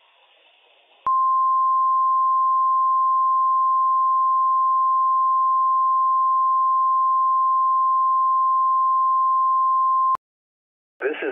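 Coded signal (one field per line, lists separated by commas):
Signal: Emergency Alert System (SAME) tones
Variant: 1050 Hz attention tone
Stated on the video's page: Required Weekly Test from the National Weather Service on NOAA Weather Radio for Washington counties; the 1050 Hz tone is not cut off.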